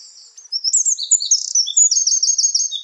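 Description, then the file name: Eurasian wren singing a fast, loud, high-pitched jumble of notes ending in a rapid rattling trill of repeated sharp elements. "Troglodytes troglodytes"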